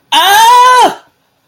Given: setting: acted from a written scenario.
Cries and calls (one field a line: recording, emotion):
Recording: vocal sound without words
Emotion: triumph